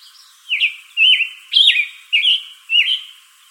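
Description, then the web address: Scarlet tanager song: five raspy, burry phrases in a steady series, each dropping then rising slightly, spaced roughly half a second apart. Arizona, 22 June 2012. "Tanagers AZFO SCTA stejskal 062212"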